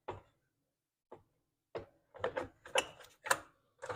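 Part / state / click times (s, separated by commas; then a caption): plastic part onto a mower shaft / not seated / none. A plastic part is being handled and pushed onto an oiled metal shaft on a Murray push mower with a Briggs & Stratton 450 E-Series engine. Short, scattered rattling knocks come first, then a busier run of sharp plastic-on-metal clicks and scrapes between about 2.2 and 3.4 seconds. Nothing has seated or clicked into place yet.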